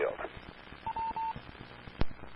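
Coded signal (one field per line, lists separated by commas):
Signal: none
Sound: a repeater's courtesy beeps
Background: speech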